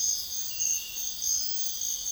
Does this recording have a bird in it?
no